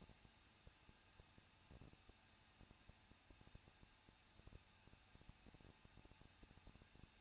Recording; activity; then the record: daily activity, microphone in the room; no activity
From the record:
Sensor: 2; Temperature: 21.0 degrees Celsius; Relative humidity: 37.3%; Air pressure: 1006.2 hPa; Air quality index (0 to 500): 221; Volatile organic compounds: 23 ppm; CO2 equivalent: 2792 ppm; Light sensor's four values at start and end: 2/3/2/2 and 2/3/2/2